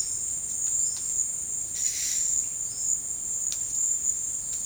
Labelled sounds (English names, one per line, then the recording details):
none
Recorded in dense forest near Puerto Asís, Putumayo, Colombia, on 19 February 2024 at 11:30
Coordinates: 0.472, -76.329
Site G6394